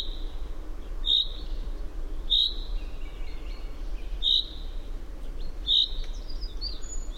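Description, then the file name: Common chaffinch calls: four short, bright, metallic notes at uneven gaps of one to two seconds, with a steady low rumble beneath. "Fringilla coelebs"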